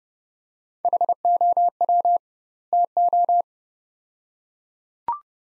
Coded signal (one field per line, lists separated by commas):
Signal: Morse code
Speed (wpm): 30 wpm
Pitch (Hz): 700 Hz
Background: none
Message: HOW TO